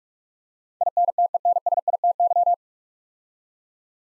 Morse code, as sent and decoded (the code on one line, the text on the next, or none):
.. -. - . -. ... .. - -.--
INTENSITY